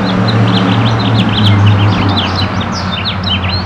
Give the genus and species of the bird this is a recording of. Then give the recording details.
Haemorhous mexicanus. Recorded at Freeport on Long Island, New York, on 28 May 2013. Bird C